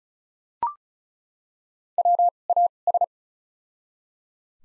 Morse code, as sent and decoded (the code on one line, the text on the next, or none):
.-- / .- / ...
W A S